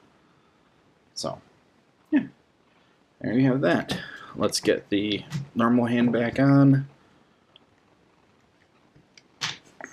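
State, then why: Seated. Someone talks while the normal plastic hand is pushed back onto the wrist peg of an S.H. Figuarts Infinity War Hulk action figure, with a few short handling taps along the way. The hand seats with a sharp, satisfying click at 9.8 s.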